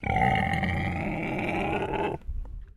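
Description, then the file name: Pig growl, a rough, low, sustained rumble lasting about two seconds, followed by a brief softer grunt. Landrace breed pig growling. "ANIMAL PIG LANDRACE ALICE"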